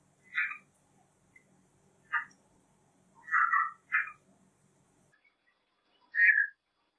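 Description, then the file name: Red-eyed tree frog clucks, short and throaty, given singly and in a quick pair, irregularly spaced over a soft low background hum. "red eye tree frog calling"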